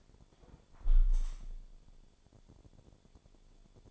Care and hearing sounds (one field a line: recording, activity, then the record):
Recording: daily activity, microphone in the room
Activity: close window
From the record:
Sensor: 5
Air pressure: 1015.0 hPa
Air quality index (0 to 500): 103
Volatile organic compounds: 2 ppm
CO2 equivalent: 1101 ppm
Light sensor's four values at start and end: 35/80/32/31 and 35/80/32/31